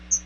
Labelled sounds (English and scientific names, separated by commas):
Chestnut-sided Warbler (Setophaga pensylvanica) flight call